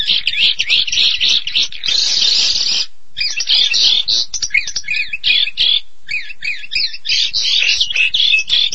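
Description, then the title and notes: Starling song, quick chattering phrases, a harsh rasping burst, then a short pause before repeated squeaky whistled notes and more chatter. "suara burung jalak"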